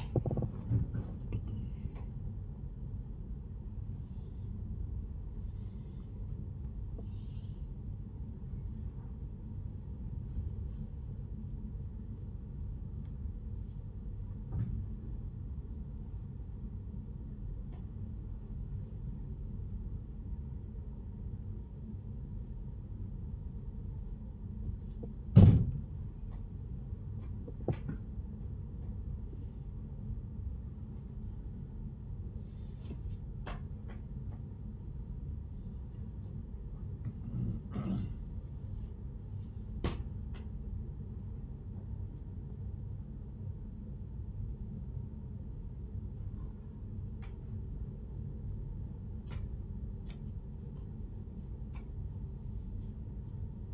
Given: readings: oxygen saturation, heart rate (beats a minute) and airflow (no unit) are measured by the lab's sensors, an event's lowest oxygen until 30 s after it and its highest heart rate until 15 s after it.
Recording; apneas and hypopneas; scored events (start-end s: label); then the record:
a person awake in a sleep study, by a smartphone at the bedside; none
0.00-53.74 s: awake
From the record:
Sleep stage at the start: awake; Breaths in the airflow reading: 22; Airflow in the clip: -0.7 to 0.6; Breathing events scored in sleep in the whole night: 131 in 7.2 hours asleep